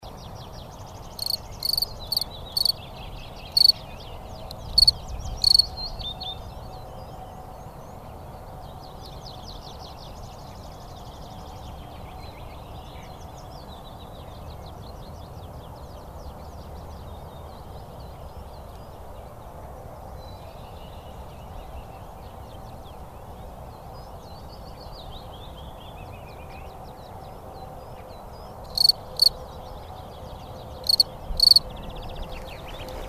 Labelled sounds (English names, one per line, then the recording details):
Field Cricket stridulation
Willow Warbler
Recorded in the wild
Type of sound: stridulation
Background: Phylloscopus trochilus
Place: Schönow, Naturpark Barnim, Brandenburg, DE
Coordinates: 52.6938, 13.505
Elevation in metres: 68
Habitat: heath
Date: 2014-04-23 16:06
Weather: cloudy, 20°C, weak wind
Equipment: Sound Devices 702, Sennheiser MKH 70, Rycote Windschutz
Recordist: Frommolt, Karl-Heinz
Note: Naturschutzgebiet Schönower Heide: Gesang einer Feldgrille